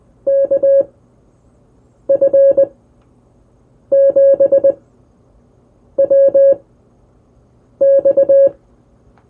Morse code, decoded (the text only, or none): KF7WX